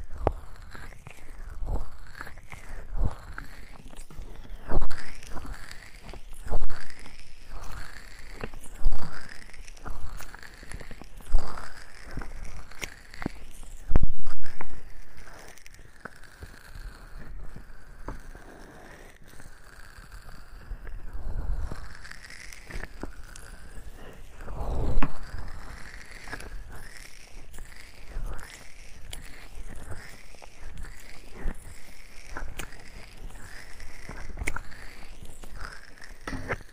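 Wet creamy squelches and rubbing sounds, as if lotion is being worked over the ears, come in quick, uneven strokes and sharp smacks throughout. The sounds are detailed, with small sticky pops and swishing, growing softer briefly around the middle before picking up again.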